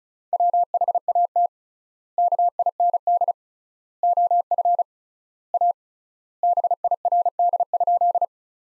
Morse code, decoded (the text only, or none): WHAT KIND OF A BIRD?